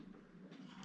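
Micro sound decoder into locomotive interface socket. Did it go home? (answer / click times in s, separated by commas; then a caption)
no / none. An ESU LokSound 5 micro sound decoder is handled and pressed toward a locomotive's Next18 interface socket, producing a steady low rumble with faint soft rubbing and scraping and no distinct sharp transient. The decoder is not yet home: nothing has seated or clicked yet.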